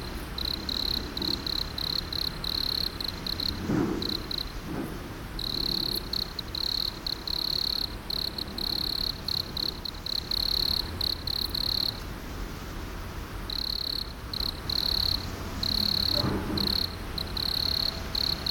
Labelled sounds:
Wood Cricket (Nemobius sylvestris) stridulation
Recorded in the wild
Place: Gößweinstein, Fränkische Schweiz, Bayern, DE
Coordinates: 49.72, 11.07
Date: 1995-09-04 15:35
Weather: bedeckt, z.T. Regen, ca. 16°C
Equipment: Nagra SN, Sennheiser ME 80, Kopie Uher 4000 Report Monitor
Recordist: Tembrock, Günter
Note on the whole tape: Stridulation, längere Strecke, Windböen

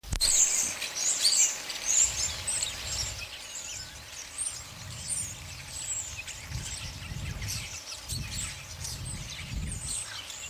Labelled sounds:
European Starling (Sturnus vulgaris) song
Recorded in the wild
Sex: male
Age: adult
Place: Wolgast, Mecklenburg-Vorpommern, DE
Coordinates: 54.0536, 13.7739
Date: 1983-09-19 12:36
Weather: overcast, 16°C
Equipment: Nagra SN, Sennheiser MKH 416 T, Kopie Uher 4000 Report Monitor
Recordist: Tembrock, Günter
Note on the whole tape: Gesang auf Weide. Tannenkamp bei Wolgast

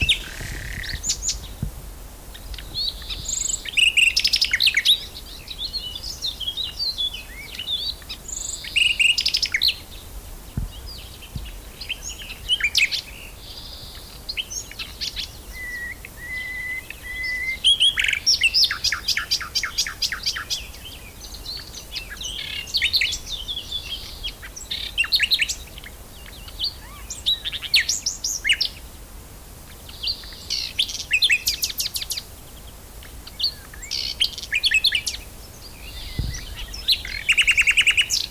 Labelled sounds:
Eurasian Blackcap (Sylvia atricapilla) song
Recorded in the wild
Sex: male
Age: adult
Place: Blankenfelde, Berlin, DE
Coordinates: 52.62, 13.37
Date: 1999-05-02 12:02
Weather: fair, 11 - 15°C
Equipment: Nagra SN, Kopie Uher 4000 Report Monitor
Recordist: Tembrock, Günter

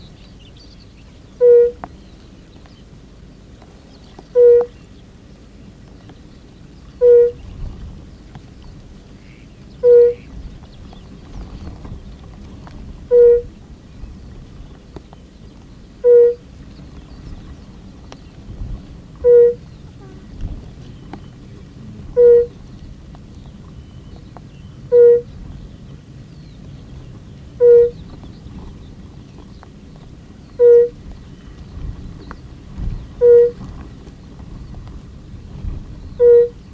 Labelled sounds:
Fire-Bellied Toad (Bombina bombina) call
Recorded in the wild
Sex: male
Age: adult
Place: Falkenberger Rieselfelder, Barnim, Berlin, DE
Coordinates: 52.5839, 13.5542
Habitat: pond
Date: 1991-05-19 12:00
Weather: locker bewölkt; Wasser: 14,7°C; Luft: 17,3°C; schwach windig
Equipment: Uher 4400 Report Stereo IC, RFT DM 2415
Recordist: Lindner, Uwe

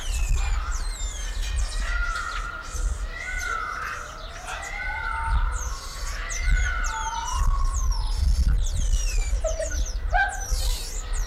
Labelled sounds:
Cottontop Tamarin (Saguinus oedipus)
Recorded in captivity
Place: Zoo Magdeburg, Sachsen-Anhalt, DE
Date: 1995-04-05
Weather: heiter, 8 °C
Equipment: Marantz CP 430, Sennheiser ME 80, Kopie Uher Variocord 263
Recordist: Tembrock, Günter

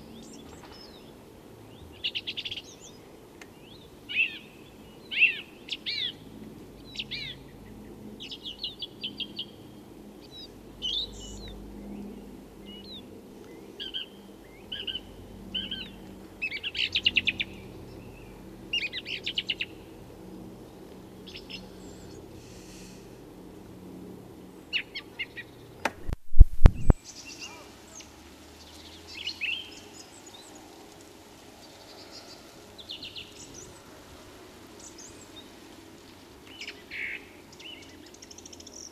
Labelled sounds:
Song Thrush (Turdus philomelos) song
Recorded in the wild
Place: Kaiserslautern, Rheinland-Pfalz, DE
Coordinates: 49.4133, 7.7675
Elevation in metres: 387
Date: 1975-03-15
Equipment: Nagra IV
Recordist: Tretzel, Erwin

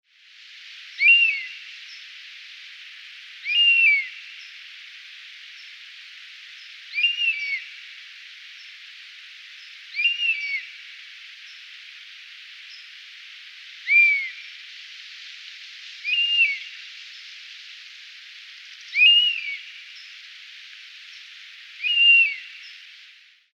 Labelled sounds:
European Honey Buzzard (Pernis apivorus)
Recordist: Tembrock, Günter
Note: Flugrufe

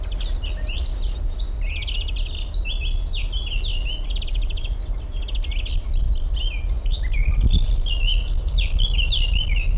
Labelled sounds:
Eurasian Blackcap (Sylvia atricapilla)
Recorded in the wild
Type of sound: song, call, call sequence, twittering
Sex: male
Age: adult
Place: Blankenfelde, Tegeler Fließ, Berlin, DE
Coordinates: 52.62, 13.39
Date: 1994-04-23 11:24
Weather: heiter 16-19°C
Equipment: Marantz CP 430, Sennheiser ME 80, Kopie Uher Variocord 263
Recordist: Tembrock, Günter
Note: Wäldchen am Standrohr: Gesang

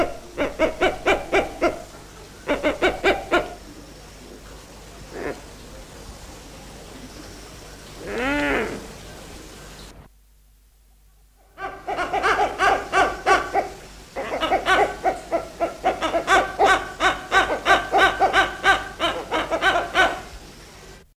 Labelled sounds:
Blyth's Hornbill (Rhyticeros plicatus) call
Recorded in captivity
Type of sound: call
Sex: pair
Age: adult
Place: Vogelpark Walsrode, Niedersachsen, DE
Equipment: Halbspur, 9,5 cm/s
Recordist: Lütgens, Hans
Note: Rufe

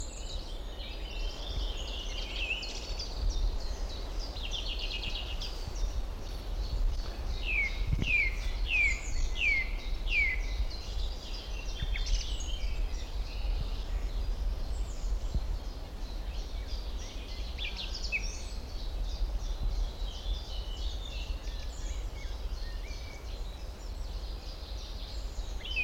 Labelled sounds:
Song Thrush (Turdus philomelos)
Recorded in the wild
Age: adult
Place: Schildow, NSG, Kalktuffgelände am Tegeler Fließ (NSG Schildow), Berlin, DE
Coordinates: 52.642, 13.37
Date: 1992-06-21
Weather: sonnig, 19-26 °C
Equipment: Marantz CP 430, Sennheiser ME 80, Kopie Tesla B 116
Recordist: Tembrock, Günter

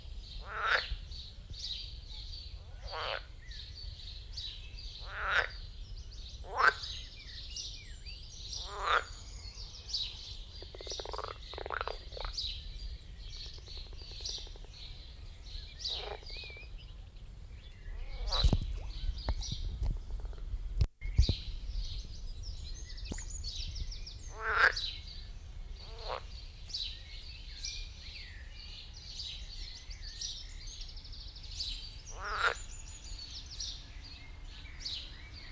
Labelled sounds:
Edible Frog (Pelophylax esculentus) call
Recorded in the wild
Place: Lübars, Benekendorffstraße, Berlin, DE
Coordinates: 52.6167, 13.3469
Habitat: Gartenteich
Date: 1998-05-31 10:33
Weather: bedeckt, 18°C
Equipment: Sony MD-WM MZ-R3, Sennheiser MKH 416 T, Kopie Uher 4000 Report Monitor
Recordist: Tembrock, Günter

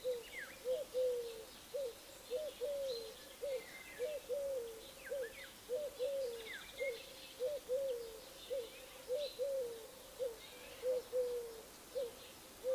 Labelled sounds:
Eurasian Golden Oriole (Oriolus oriolus)
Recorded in the wild
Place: Russalka, Dobrudsha, BG
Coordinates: 43.4164, 28.5133
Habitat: park
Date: 2005-07-22
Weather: sunny, 23°C
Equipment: Marantz PMD 660, Sennheiser ME 80, K 3 U, Schalter III
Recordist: Frommolt, Karl-Heinz

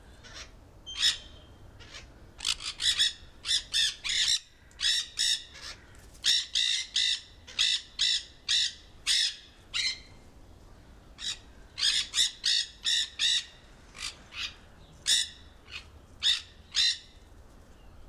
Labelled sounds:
Nanday Parakeet (Nandayus nenday) call
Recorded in captivity
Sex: group
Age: adult
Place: Zoo Berlin, Berlin, DE
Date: 1997-09-16 15:56
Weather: heiter - wolkig, ca. 23°C
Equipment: Sony MD-WM MZ-R3, Sennheiser ME 80, Kopie Uher 4000 Report Monitor
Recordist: Tembrock, Günter
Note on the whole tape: Gruppe: Kurzlaute und Sequenzen (Entfernung 1-2 m)

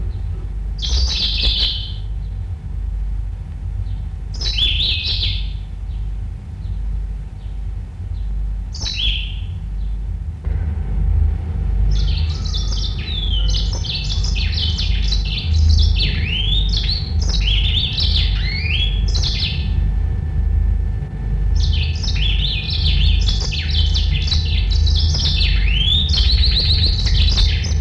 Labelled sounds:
Yellow-fronted Canary (Crithagra mozambica) song
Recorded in captivity
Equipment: Halbspur, 9,5 cm/s
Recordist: Lütgens, Hans
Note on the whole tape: Gesang

